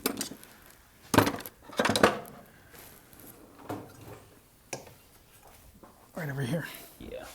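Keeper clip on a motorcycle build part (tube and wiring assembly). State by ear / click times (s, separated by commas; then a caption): not seated / none. A keeper clip on a motorcycle build part, a tube and wiring assembly, is handled as the part is put back in with its wires lined up, ready to be pushed in a little. Short handling taps and clinks come through while someone talks. Nothing has seated or clicked yet.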